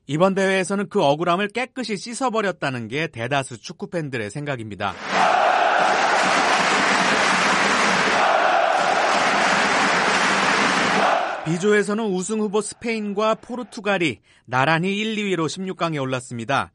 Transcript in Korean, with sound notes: 이번 대회에서는 그 억울함을 깨끗이 씻어버렸다는 게 대다수 축구 팬들의 생각입니다. [녹취: 축구경기 현장음] B조에서는 우승 후보 스페인과 포르투갈이 나란히 1, 2위로 16강에 올랐습니다.